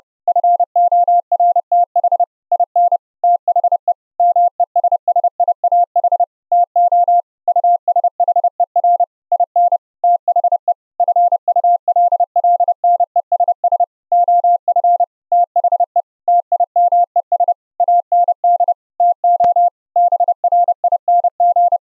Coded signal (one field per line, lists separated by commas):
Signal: Morse code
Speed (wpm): 30 wpm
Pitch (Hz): 700 Hz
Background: none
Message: FORTH IN THE MESSIAH TO USHER IN THE FULLNESS OF THE TIMES AND TO BRING